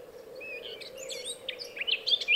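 Bird song: quick bright chirps and short twittering notes, growing louder toward the end, with a constant low hum underneath.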